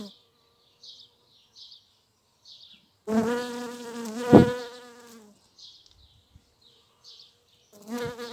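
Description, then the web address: Bees and mason bees: bee buzzing, a loud droning hum passing for about two seconds with a sharp surge midway, brief buzz again near the end, short faint chirps between. Bees and a mason bee in flight; file labelled 220507. "Vols Bourdnabeilles 220507-Abeillesetosmie"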